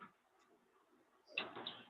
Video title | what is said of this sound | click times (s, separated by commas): SOLAR TRAINING TECHNICAL QUESTION 6 | M C four clip ചെയ്തു okay ഇത് lock ആയി | 1.4 s